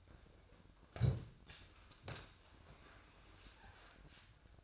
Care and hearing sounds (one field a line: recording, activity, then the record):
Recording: daily activity, microphone in the room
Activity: sit down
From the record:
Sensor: 2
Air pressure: 1004.9 hPa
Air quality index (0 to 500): 86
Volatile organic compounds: 2 ppm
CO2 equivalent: 1034 ppm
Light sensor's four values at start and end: 7/18/7/7 and 7/16/6/7